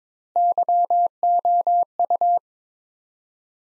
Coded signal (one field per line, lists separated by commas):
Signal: Morse code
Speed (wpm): 21 wpm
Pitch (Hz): 700 Hz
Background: none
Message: YOU